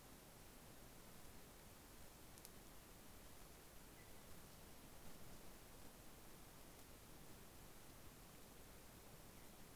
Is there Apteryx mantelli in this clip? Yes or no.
no